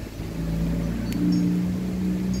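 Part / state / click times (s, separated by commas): battery box into its holder on an electric bicycle / seated / 1.1 s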